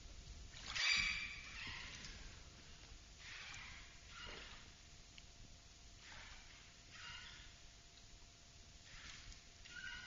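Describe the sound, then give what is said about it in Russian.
Water splashes and swishes around a small rowing boat (a yalik) out on the gulf off St Petersburg in a steady rhythm, a soft wash every second or so, with a sharper splash at the start and no voices. “Взять ялик, отправиться на взморье.”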